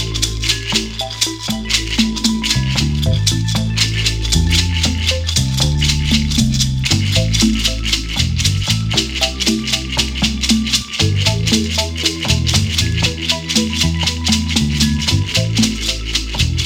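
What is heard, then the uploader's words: Gourd maracas shake in a fast, steady rhythm, their bright rattling strokes running throughout over a dense backing of deep bass and melodic notes. The Gourd Full of Adzuki. Sound of the Gourd Maracas that I made.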